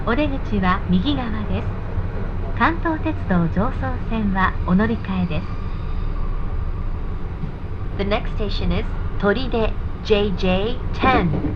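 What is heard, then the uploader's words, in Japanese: On a Jōban Line local train, people talk in bursts over a steady low rumble, with a quiet pause near the middle. 耳で楽しむ鉄道旅 常磐線普通 石岡→土浦→取手。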